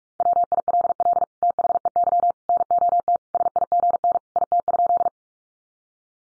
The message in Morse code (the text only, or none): WILL THEY NOT SIGN IT?